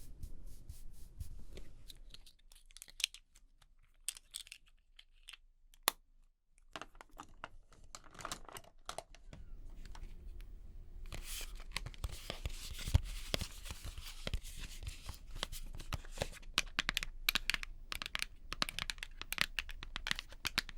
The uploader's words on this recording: Doing Your Makeup ASMR No Talking.